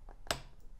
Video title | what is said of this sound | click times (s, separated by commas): Electric Bike Tool Review - LEXIVON Torque Wrenches to Protect Your Ebike Nuts, Bolts, and Screws | there did you hear that click a little bit more time | 0.3 s